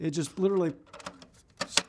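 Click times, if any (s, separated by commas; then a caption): 1.8 s. A redundant interface module is pushed onto the bus adapter of an IO rail while someone talks. Several small clicks follow, ending in a sharp snap at 1.8 s as the module seats in place.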